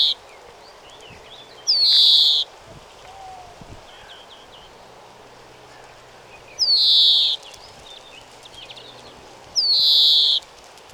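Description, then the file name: European greenfinch giving a loud, buzzy wheezing call several times, each a quick upward flick into a drawn-out nasal buzz, with faint chirps between. "Chloris chloris"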